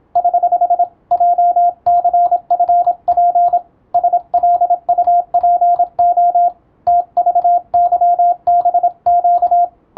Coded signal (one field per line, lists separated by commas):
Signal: Morse code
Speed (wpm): 27 wpm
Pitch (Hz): 700 Hz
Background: radio noise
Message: <HH> JCFP SLUPO TVYBQ